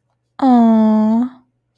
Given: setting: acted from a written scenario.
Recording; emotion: vocal sound without words; adoration